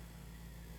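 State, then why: Not seated. A plastic backpack panel's tab is pushed into its slots on an SS86 Kup transforming action figure, but it does not lock properly. Only a steady low hum and broadband noise are heard, with no distinct sounds. Nothing has seated or clicked yet.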